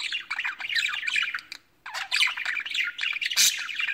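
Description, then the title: Budgerigar chatter: dense, scratchy warbling and squawks, continuous apart from a brief pause near the middle, with a harsh burst near the end. "Budgie Sounds"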